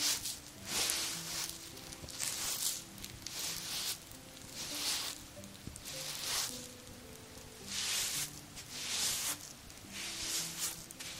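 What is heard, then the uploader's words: Hair brushing: repeated bristly strokes sweep through, each a bright, hissing swish lasting about half a second, coming roughly once a second in an uneven rhythm. Beneath them runs a faint, steady low hum with a few soft tones. TimASMR-Put on Your Pajamas & Let Me Get You Ready For Bed (skincare, hair brushing, no talking).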